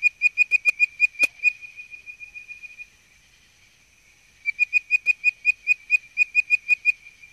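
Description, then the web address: Bird-voiced treefrog whistling rapid repeated notes, pausing for about one and a half seconds, then resuming the same quick bird-like series. "Frog Calls Hyla avivoca - Bird Voiced Treefrog"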